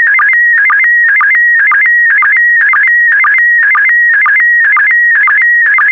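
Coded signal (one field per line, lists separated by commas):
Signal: SSTV (slow-scan television)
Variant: PD120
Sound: warbling, stepping tones with a short low blip about twice a second, steady repetitive rhythm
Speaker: complete. You can now check your decoded image against the picture that is shown on the video.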